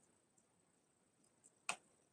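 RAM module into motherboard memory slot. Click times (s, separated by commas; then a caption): 1.5 s, 1.7 s. A RAM module is lined up with the notch in a motherboard memory slot and pressed straight down until the slot latches snap shut and it seats. A faint click is heard at 1.4 s, followed by a sharp, much louder click at 1.7 s, against a quiet background with no speech.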